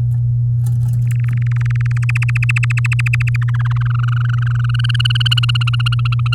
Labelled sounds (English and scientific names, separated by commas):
Domestic Canary (Serinus canaria) song